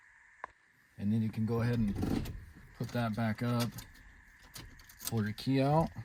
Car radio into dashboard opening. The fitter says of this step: this should just now snap straight in and then